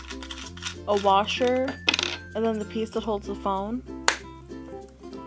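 Someone talks over background music while pressing the plastic phone-holding cradle onto the end of the flexible gooseneck arm of a cup-holder phone mount. A sharp snap at 4.1 s marks the cradle popping into place, and it is seated.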